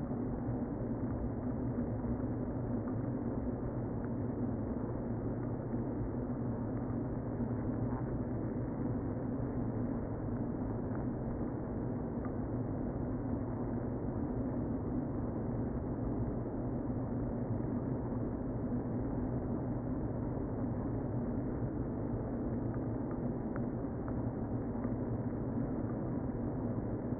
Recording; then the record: honeybee colony, microphone inside the hive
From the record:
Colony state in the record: queen present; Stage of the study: before two queens were removed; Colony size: about 60,000 bees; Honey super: yes